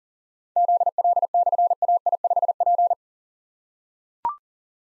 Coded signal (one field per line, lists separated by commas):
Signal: Morse code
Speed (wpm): 37 wpm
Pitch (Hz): 700 Hz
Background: none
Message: ZL/AI5P